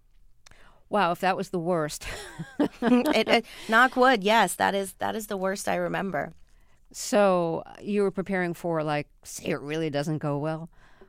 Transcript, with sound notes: Wow. If that was the worst (laughter).
Knock wood - yes, that is the worst I remember.
So you were preparing for, like, say it really doesn't go well...